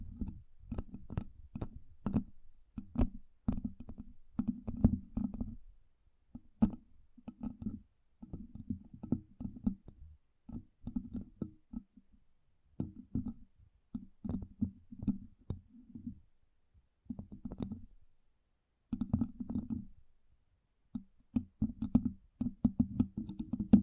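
Tapping comes in quick flurries of a second or two, separated by short pauses, throughout. The taps sound low and hollow, almost rumbling, with occasional sharper clicks on top. The rhythm is uneven, speeding up and thinning out between bursts.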